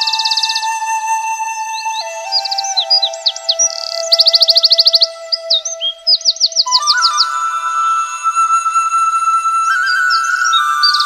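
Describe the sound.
Birds singing: quick high slurred chirps and rapid buzzy trills in short bursts, over steady electronic-sounding tones throughout that shift in pitch.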